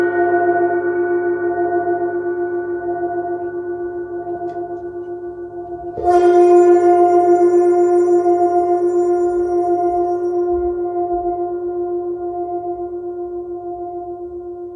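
A Neptune gong hums with a sustained, shimmering ring, then is struck again near six seconds, blooming brighter before slowly fading with pulsing waves.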